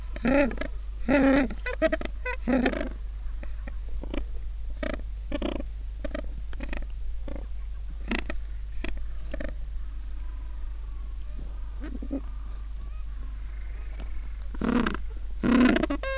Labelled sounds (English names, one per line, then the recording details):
Gentoo Penguin
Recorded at the colony at Booth Island, Antarctica, on 21 December 2014
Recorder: Song Meter SM2+